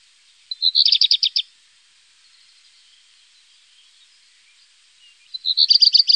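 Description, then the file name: Black redstart song: two brief phrases, each a thin whistled lead-in followed by a fast series of bright, rattling notes, separated by about four seconds of near silence. "Hausrotschwanz"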